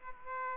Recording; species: mosquito wingbeat signal from an infrared sensor; Aedes aegypti